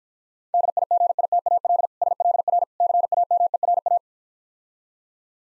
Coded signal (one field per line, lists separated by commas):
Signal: Morse code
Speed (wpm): 55 wpm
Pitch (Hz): 700 Hz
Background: none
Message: DIGITAL SLR CAMERA